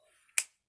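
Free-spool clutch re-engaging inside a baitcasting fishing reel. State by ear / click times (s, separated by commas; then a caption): seated / 0.4 s. A baitcasting fishing reel's free-spool clutch re-engages as the handle is turned after the free-spool button was pressed to let line out. After faint low handling noise, a single sharp, bright click lands at 0.4 s and fades quickly. The clutch clicks closed and is seated.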